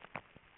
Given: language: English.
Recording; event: throat vibration sensor signal played as sound; swallow